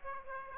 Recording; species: mosquito wingbeat signal from an infrared sensor; Aedes aegypti